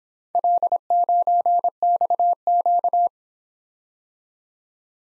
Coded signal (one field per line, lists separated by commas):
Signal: Morse code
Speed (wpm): 27 wpm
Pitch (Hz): 700 Hz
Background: none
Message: L9XQ